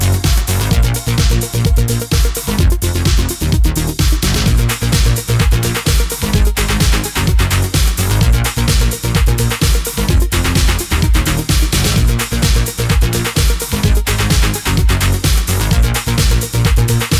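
Loud dance music plays at a bumper car ride, with a steady, pounding beat and a deep bass line holding through the whole stretch. The mix stays dense and bright from start to finish, with quick repeated hits and no pauses.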